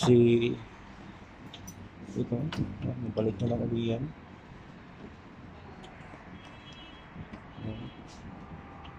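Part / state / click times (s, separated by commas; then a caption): wiring connector onto MAP sensor / not seated / none. After cleaning, the MAP sensor of a 2015 Toyota Innova is being reinstalled, and its plastic wiring connector is handled as it is pushed back toward the sensor. Someone talks over faint handling ticks around 1.5 and 1.7 seconds. The connector has not clicked or seated yet.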